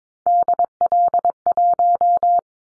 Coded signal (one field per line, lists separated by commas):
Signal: Morse code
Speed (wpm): 22 wpm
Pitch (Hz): 700 Hz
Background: none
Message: DL1